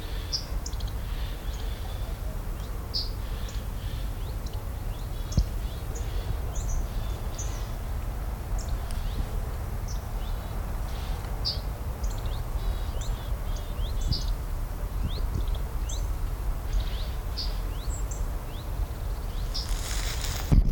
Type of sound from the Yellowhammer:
call